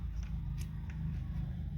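A crimped metal contact pin is handled at the gasket end of a plastic MC4 solar connector housing, with faint brief ticks near 0.2, 0.6 and 0.9 seconds over a steady low hum. Nothing has seated or clicked yet.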